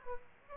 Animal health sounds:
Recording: mosquito wingbeat signal from an infrared sensor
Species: Aedes aegypti

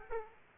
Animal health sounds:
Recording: mosquito wingbeat signal from an infrared sensor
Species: Aedes aegypti

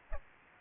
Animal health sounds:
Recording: mosquito wingbeat signal from an infrared sensor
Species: Aedes aegypti

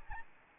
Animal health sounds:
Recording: mosquito wingbeat signal from an infrared sensor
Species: Aedes albopictus

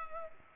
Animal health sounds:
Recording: mosquito wingbeat signal from an infrared sensor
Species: Culex pipiens

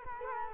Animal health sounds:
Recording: mosquito wingbeat signal from an infrared sensor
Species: Culex quinquefasciatus

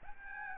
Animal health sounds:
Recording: mosquito wingbeat signal from an infrared sensor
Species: Aedes albopictus

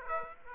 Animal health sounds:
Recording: mosquito wingbeat signal from an infrared sensor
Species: Aedes aegypti

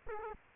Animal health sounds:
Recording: mosquito wingbeat signal from an infrared sensor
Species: Culex quinquefasciatus

